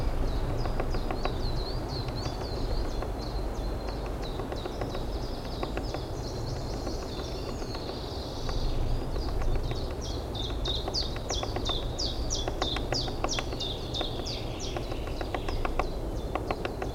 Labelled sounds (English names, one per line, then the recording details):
Lesser Spotted Woodpecker
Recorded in the wild
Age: adult
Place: Summt, am Buchenberg, Brandenburg, DE
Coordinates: 52.695, 13.3594
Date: 1975-04-27 12:45
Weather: leicht sonnig, ca. 12°C
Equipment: Uher CR 210, Verstärker, Sennheiser MD 421, Reflektor, Kopie Uher Report 4200
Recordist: Tembrock, Günter